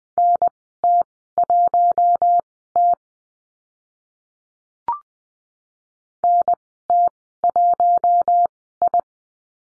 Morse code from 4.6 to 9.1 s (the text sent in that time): NT1I